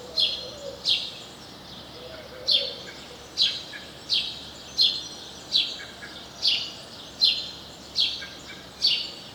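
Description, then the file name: House sparrow chirping, a series of short, harsh chirps repeated irregularly over faint background hiss. "Passer domesticus"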